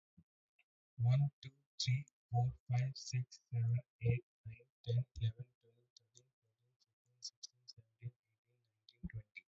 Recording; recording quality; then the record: counting at a fast pace; poor, much background noise or distortion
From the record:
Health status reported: healthy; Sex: male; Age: 29 years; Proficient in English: yes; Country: India